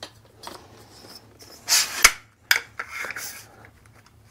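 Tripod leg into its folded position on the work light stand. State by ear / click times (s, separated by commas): seated / 2.5 s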